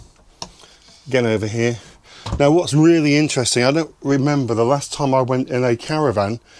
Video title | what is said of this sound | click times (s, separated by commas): Beautiful Buccaneers - middle or end washroom, what would you choose? | very neat the way they just lift just clicks back in | 0.4 s